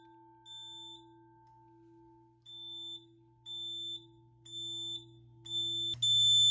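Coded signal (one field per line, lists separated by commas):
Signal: alarm pattern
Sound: high-pitched alarm beeps in half-second pulses, shifting to a louder steady tone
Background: low electrical hum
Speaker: then the smoke will put it into full temporal three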